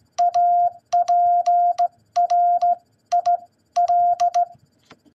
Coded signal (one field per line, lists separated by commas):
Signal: Morse code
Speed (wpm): 16 wpm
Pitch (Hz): 700 Hz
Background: none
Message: APRIL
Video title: What Is April In Morse Code?